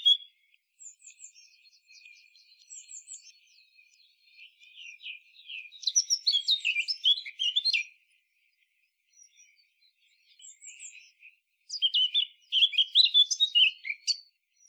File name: Sylvia atricapilla